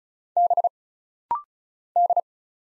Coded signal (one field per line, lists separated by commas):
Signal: Morse code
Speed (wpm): 36 wpm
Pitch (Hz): 700 Hz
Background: none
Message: B D